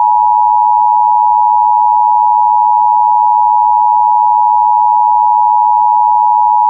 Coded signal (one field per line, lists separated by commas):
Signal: Emergency Alert System (SAME) tones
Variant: 853 and 960 Hz attention tone